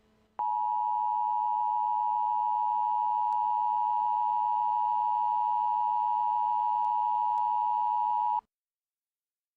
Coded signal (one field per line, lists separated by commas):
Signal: Emergency Alert System (SAME) tones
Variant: 853 and 960 Hz attention tone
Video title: Doctor Who - Steven Universe Crossover Episodes - Emergency Alert System #1